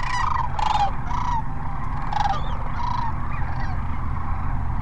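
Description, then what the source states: Sandhill cranes calling in a flock: rolling, rattling bugles overlap, with several distinct trilled calls standing out over a steady low rumble. Sandhill cranes at Cochise Lakes on 30 January 2019.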